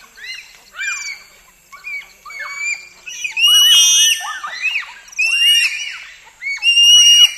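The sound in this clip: Bonobo calls: sharp, high squeaks and shrill yelps in separate bursts with brief pauses between them, sometimes overlapping.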